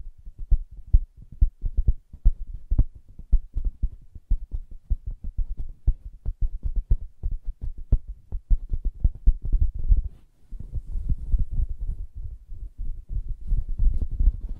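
Fingers tap and scratch on a soft fabric surface in quick, irregular bursts, producing dull, low thuds with little brightness. The taps come densely and unevenly, with a brief pause near ten seconds before a softer, rustling scratching resumes.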